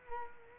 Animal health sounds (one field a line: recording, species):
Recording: mosquito wingbeat signal from an infrared sensor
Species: Culex quinquefasciatus